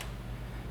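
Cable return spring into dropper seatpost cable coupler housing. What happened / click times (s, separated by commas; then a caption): The small spring snapped into its housing / 0.0 s. A cable return spring is pushed up with the fingers above the coupler in a dropper seatpost's cable coupler housing, and it seats with a short tick at 0.0 s. A steady low hum continues underneath, and no one talks. The spring ends up seated in the coupler housing.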